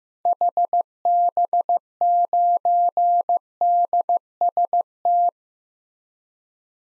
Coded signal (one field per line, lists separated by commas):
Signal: Morse code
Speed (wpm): 15 wpm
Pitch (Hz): 700 Hz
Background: none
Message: HB9DST